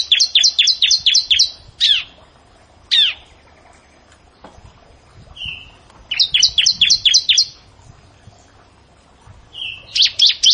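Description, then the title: Prinia song: quick bursts of six or seven sharp notes sweeping downward, each burst about a second long, sometimes opened by a short whistled note, with pauses between. "Ciblek Sawah"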